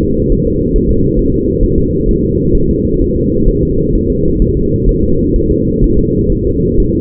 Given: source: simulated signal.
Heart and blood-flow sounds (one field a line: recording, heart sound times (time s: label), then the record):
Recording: fetal heart sounds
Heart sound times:
0.03 s: S2
0.32 s: S1
0.47 s: S2
0.76 s: S1
0.91 s: S2
1.19 s: S1
1.34 s: S2
1.63 s: S1
1.78 s: S2
2.09 s: S1
2.23 s: S2
2.55 s: S1
2.69 s: S2
3.02 s: S1
3.16 s: S2
3.48 s: S1
3.63 s: S2
3.95 s: S1
4.10 s: S2
4.42 s: S1
4.57 s: S2
4.89 s: S1
5.04 s: S2
5.36 s: S1
5.51 s: S2
5.84 s: S1
5.99 s: S2
6.32 s: S1
6.47 s: S2
6.80 s: S1
6.95 s: S2
From the record:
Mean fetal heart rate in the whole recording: 130 bpm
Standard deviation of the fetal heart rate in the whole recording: 4 bpm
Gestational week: 38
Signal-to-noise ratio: -15.3 dB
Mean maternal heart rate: 72 bpm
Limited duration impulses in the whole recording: present